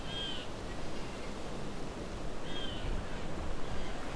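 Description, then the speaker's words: Blue jay calls: two short, clear, ringing notes about two seconds apart against a constant hiss of background noise. Many blue jays making lots of interesting sounds at the entrance of Alvar Bay, July 26, 2020. "So I'm at Alvar Bay, but the entrance is full of blue jays making lots of interesting sounds."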